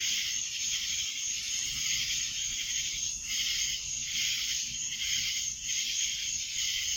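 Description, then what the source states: Cicadas in full chorus, a high continuous buzzing with slow rhythmic surges, little else audible. Recorded in Annapolis in July 2012; several cicadas.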